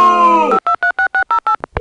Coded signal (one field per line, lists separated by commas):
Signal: DTMF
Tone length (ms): 100 ms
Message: 5236608